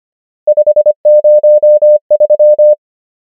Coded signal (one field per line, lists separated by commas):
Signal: Morse code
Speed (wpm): 25 wpm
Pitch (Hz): 600 Hz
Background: none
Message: 5 0 3